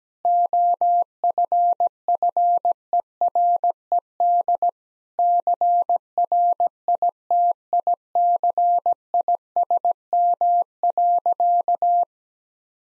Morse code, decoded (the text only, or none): OFFERED CRITICISM.